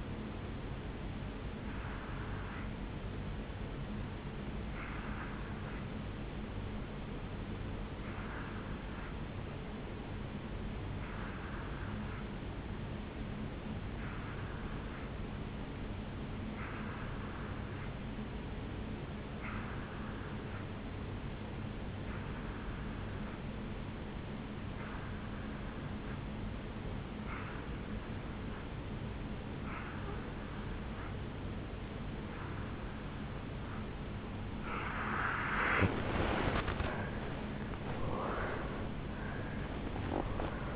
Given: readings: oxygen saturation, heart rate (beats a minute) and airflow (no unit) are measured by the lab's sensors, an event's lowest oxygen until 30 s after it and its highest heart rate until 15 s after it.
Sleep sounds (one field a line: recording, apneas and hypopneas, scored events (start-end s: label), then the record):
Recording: breathing in sleep by a voice recorder at the bedside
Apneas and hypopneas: 1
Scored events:
6.00-36.50 s: hypopnea (N2, oxygen 94% highest, then 86% lowest, heart rate 56 at the start, 78 highest)
27.00-40.76 s: new sleep stage, N1 (lightest sleep)
From the record:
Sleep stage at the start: N2 (light sleep)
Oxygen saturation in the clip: 86 to 94%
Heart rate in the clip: 55 to 74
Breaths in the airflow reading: 12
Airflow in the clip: -13.3 to 9.6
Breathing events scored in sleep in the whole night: 449 in 7.0 hours asleep